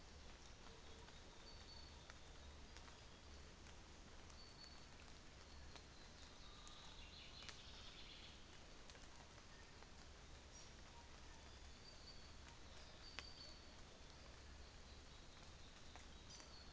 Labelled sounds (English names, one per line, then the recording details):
New Zealand Fantail
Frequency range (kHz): New Zealand Fantail 4.1-7.9 kHz
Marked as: faintness 4/5
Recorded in New Zealand on 24 December 2018
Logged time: 09:00